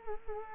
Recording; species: mosquito wingbeat signal from an infrared sensor; Culex quinquefasciatus